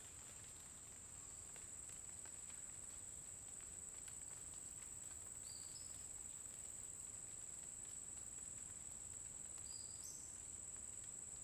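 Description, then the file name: Cricket singing a continuous piercing trill, with just two brief whistled bird notes, one near the middle and one near the end. Constant cricket sound in a forest during the day, with a bird singing at intervals. "Grilo constante na floresta dia passaro canta em intervalos"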